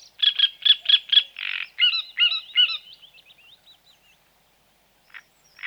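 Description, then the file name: Great reed warbler song: harsh, croaking notes repeated in quick runs, shifting to grating double notes, then thin high chirps fading into near silence. "Grotekarekiet"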